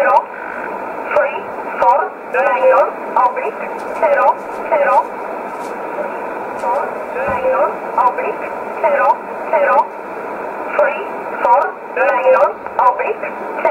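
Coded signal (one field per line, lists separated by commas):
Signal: numbers station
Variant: E11 Oblique, English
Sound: voice reading short, evenly spaced words, likely numbers, over shortwave hiss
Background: radio static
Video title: 20 05 2020 E11 Oblique Numbers station in English 0746 on 15720 unknown tx site in USB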